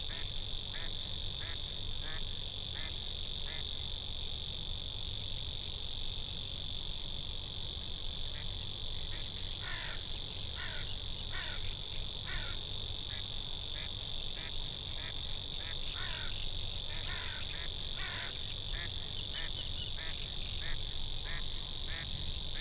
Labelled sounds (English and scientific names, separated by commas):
Savi's Warbler (Locustella luscinioides) song